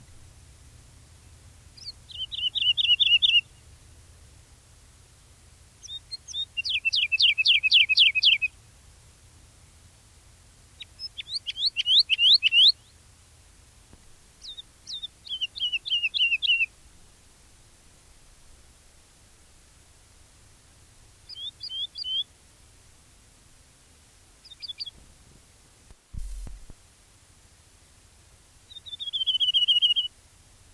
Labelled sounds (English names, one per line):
Wood Lark